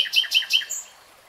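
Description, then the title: Nightingale song, a brief burst of several sharp, rapidly repeated high notes that fade into quiet. Singing, heard in real time, from a 3-hour recording. "[Tiếng chim hót] REALTIME Nightingale Singing"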